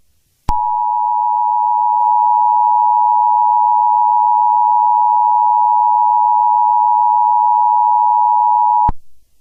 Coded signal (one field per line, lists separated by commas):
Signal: Emergency Alert System (SAME) tones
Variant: 853 and 960 Hz attention tone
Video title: EAS Scenario #10: The Ice Queen (inspired by Akame Ga Kill)